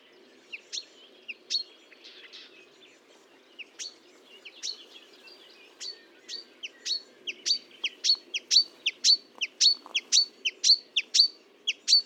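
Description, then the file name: Marsh warbler song, starting with scattered soft notes, then a steady run of sharp repeated chirps about twice per second. Recorded at Fontaine-Française (Fourneau), France, on 1 June 2022 at 10:55, using Nagra and Telinga equipment. "Rousserolle verderolle 20220601 1055 Fontaine-Francaise-Fourneau-Nagra-Telinga"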